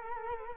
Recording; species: mosquito wingbeat signal from an infrared sensor; Culex quinquefasciatus